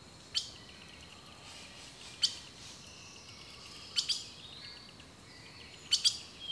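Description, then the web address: Bird calls: loud, sharp, high chips repeated about every two seconds, some doubled, against faint chirping and a constant hiss. Birdsong recorded in a rainforest, from a nature sounds collection. "The Natural Sounds of the Wilderness 10 CDs collection Echoes of Nature - Rainforest Birdsong"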